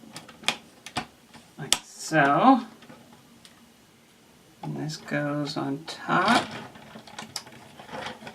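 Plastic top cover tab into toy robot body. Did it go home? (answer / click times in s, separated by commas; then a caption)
no / none. The plastic top cover of a toy robot is being put onto its body; a small tab at the back is meant to snap into place before the top is screwed down. Someone talks over light plastic taps and handling knocks, with a sharp tap near 1.7 s and a quiet gap before more talking. Nothing has seated or clicked into place yet.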